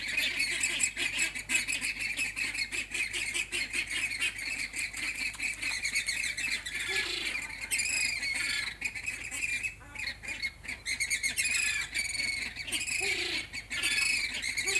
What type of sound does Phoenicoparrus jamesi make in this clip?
aggressive call